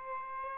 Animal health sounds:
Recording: mosquito wingbeat signal from an infrared sensor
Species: Aedes albopictus

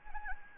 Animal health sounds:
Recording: mosquito wingbeat signal from an infrared sensor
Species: Anopheles arabiensis

